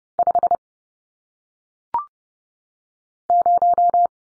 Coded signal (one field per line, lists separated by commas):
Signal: Morse code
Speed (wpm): 30 wpm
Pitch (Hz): 700 Hz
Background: none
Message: 5 0